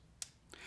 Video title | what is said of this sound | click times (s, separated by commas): The smallest mind manipulation - Vosteed Mini Psyop | You hear it click, there's a tactile feeling that you'll feel kind of | 0.2 s